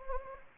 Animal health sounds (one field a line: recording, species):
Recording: mosquito wingbeat signal from an infrared sensor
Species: Anopheles gambiae